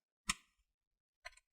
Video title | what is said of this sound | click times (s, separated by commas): Lenovo Ideapad 320 SSD HDD Upgrade , Step by Step | You're going to hear some clicks. Those are the clips that are getting loose. That's what you want to hear. | 0.3 s, 1.3 s, 1.4 s